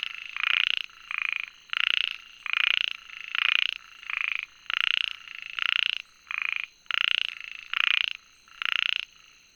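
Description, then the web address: Frog croaking in loud, rasping pulsed bursts, many calls in a rapid series, with a constant high whine in the background. Recorded on 22 June 2019. "frog 20190622"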